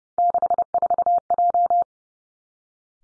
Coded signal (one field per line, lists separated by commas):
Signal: Morse code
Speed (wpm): 30 wpm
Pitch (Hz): 700 Hz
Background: none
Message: 64J